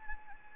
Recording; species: mosquito wingbeat signal from an infrared sensor; Anopheles gambiae